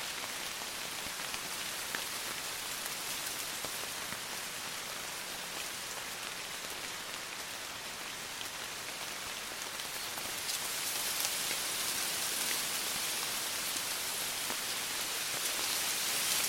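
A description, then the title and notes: Rain falls steadily on leaves in a bamboo forest, a dense, hissing patter with scattered sharper drops ticking through it. Around ten seconds the downpour grows louder and brighter, then holds at that heavier level to the end. Rain in a Bamboo Forest.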